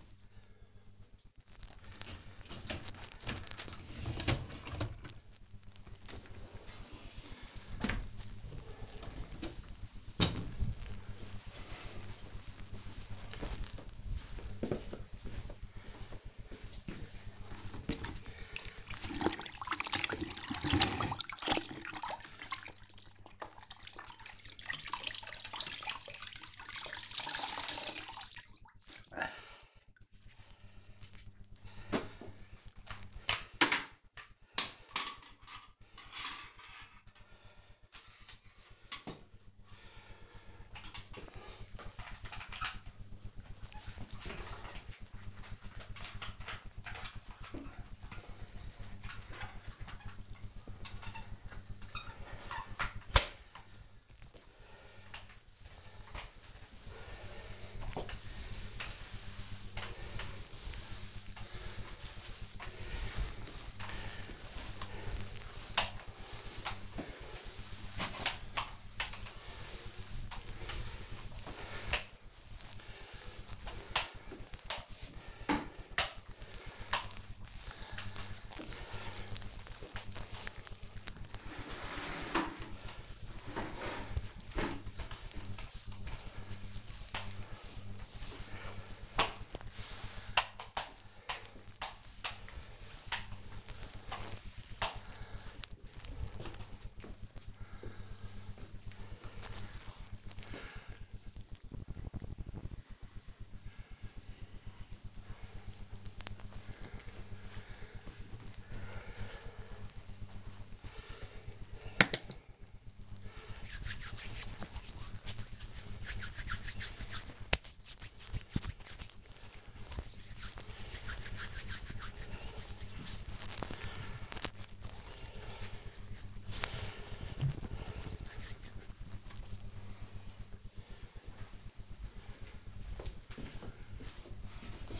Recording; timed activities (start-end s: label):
household activities, microphone on the right wrist
0.00-7.52 s: cleaning out the dishwasher
17.57-96.00 s: floor cleaning
110.10-129.21 s: disinfecting hands